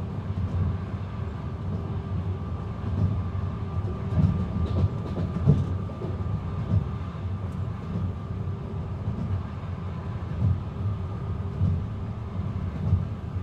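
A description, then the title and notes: A train rolls steadily along, with a deep continuous rumble and a faint steady hum running through it. Irregular clanks and rattles break through now and then, with a louder cluster around the fifth and sixth seconds. Train Sounds.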